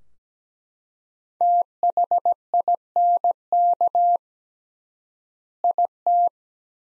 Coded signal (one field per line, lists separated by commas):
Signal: Morse code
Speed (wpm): 17 wpm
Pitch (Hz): 700 Hz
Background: none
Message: THINK IT